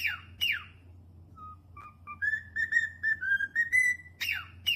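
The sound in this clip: Cockatiel opens with two scratchy falling calls, whistles a rising string of clear notes, and closes with two more harsh calls.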